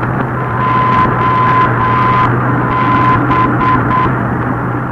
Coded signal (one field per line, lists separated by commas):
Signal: Morse code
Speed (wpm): 8 wpm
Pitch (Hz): 1020 Hz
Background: radio noise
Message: OB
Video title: NDB Beacon "OB" - 0 852,00 MHz Airport Vnukovo, Moscow Region, Russia